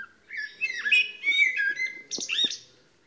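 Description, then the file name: Eurasian blackbird giving a dense run of slurred whistles and squeaky high notes, punctuated by a few brief clicks, over faint low background noise. "Turdus merula"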